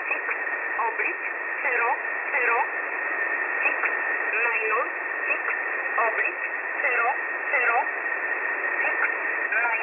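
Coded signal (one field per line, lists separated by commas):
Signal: numbers station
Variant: E11 Oblique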